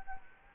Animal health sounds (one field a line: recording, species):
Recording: mosquito wingbeat signal from an infrared sensor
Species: Culex quinquefasciatus